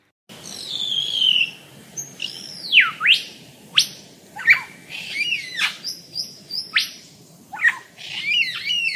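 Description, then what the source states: Superb Lyrebird mimicry song: a rapid string of varied borrowed calls, whistles sweeping down and up and sharp chattering phrases, each kept short. Male display song mimicking other species, each call shortened to fit all in before a female loses interest; Dandenong Ranges National Park, Melbourne, Australia.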